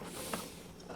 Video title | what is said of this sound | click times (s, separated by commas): Promaster Rebuild | this just does a quarter turn and unlocks | 0.3 s